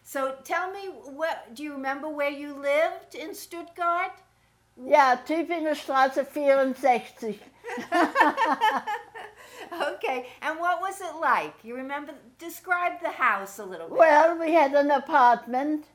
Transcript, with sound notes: Tell me, do you remember where you lived in Stuttgart?
Yeah, Tűbingen Strasse vier und sechtig. (Both laugh.)
Ok, and what was it like? You remember-- describe the house a little bit.
Well, we had an apartment